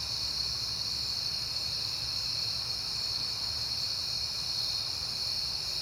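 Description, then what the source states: Crickets chirping in a steady, dense chorus of high tones, several layered bands continuing without pause, with a soft low rumble underneath. Crickets recorded at night in September on a peaceful night.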